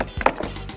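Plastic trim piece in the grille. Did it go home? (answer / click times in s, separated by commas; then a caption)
yes / 0.3 s. A plastic trim piece with grooves on the top and bottom is pressed into the grille of a Ford Bronco (2021–2024) during a marker grille LED light installation. A few light knocks lead up to a sharp snap at 0.3 s as the piece seats in place, followed by faint handling sounds. No one talks.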